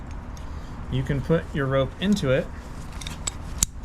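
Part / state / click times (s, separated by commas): mobile rope grab closing over climbing rope / seated / 3.6 s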